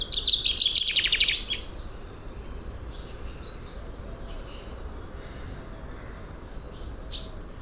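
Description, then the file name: Common chaffinch song: a bright, rapid trill dropping in pitch over about a second and a half, followed by faint high thin notes and scattered chips against background hiss. "Fringilla coelebs"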